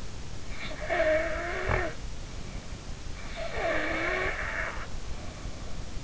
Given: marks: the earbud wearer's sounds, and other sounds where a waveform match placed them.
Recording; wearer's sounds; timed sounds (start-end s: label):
sounds in sleep by an in-ear microphone; snoring breath
0.48-1.98 s: snoring breath
3.28-4.90 s: snoring breath